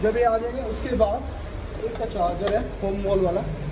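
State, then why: Not seated. Someone talks while handling the large charging connector of a home wall charger cable at the charge port of a Polestar 2 electric car. The plug has not yet gone home; nothing has seated or clicked yet.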